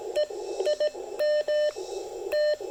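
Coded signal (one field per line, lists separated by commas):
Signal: Morse code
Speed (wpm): 16 wpm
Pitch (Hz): 600 Hz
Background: none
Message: EIM T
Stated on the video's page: QRP CW park activation at 5 watts using 28.5 feet of speaker wire as the antenna.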